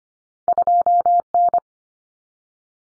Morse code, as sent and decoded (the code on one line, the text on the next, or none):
..--- / -.
2 N